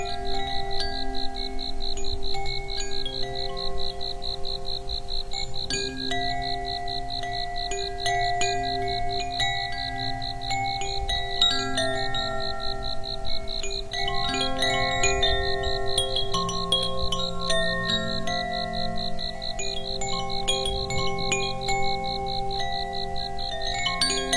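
Wind chimes ring steadily through a quiet night, their bright metallic tones overlapping in a dense, shimmering wash. New strikes arrive every second or so, with longer ringing notes sustaining underneath while a soft, steady hum sits low in the background.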